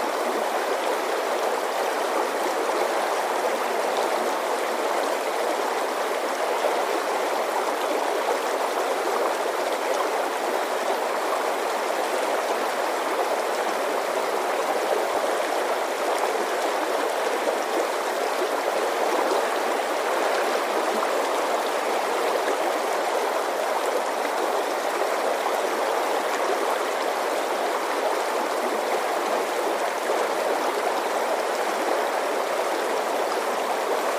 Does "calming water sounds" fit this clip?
yes